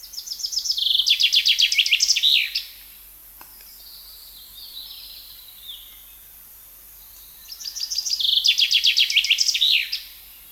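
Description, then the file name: Common chaffinch singing two songs several seconds apart, each a descending series of bright trilled notes ending in a flourish; faint other birdsong fills the gap. "Fringilla coelebs"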